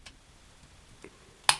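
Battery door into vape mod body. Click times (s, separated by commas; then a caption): 1.5 s. A tight-fitting battery door is pressed down and pushed into the body of a SMOK GX 350 quad 18650 vape mod. Two faint ticks at about 0.1 and 1.0 seconds are followed by a sharp, loud snap at 1.5 seconds as the door seats into place.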